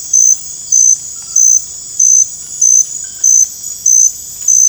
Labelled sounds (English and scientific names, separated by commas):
none